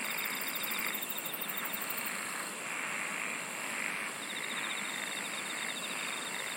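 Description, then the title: Insects singing in a dense chorus: rapid pulsed trills at several pitches, a very high trill ending after two seconds, over a steady high hiss and broad rushing noise. "SINGING OF INSECTS"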